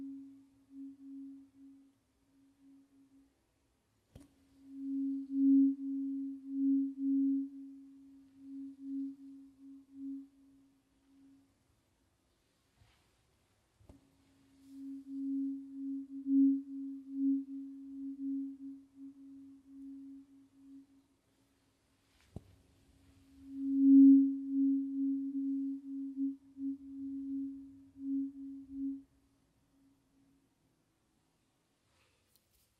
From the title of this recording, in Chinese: 沉浸式音叉·水晶杯·颂钵